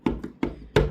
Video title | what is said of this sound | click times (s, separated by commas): Deniz Akvaryumunda Kristal Su Berraklığı. Filter Roller Nedir ? Zeochem Filter Roller İnceleme | bakın şöyle otomatikman tık diye | 0.8 s